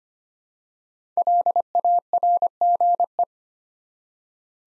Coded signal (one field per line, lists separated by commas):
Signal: Morse code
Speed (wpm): 25 wpm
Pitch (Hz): 700 Hz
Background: none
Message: LARGE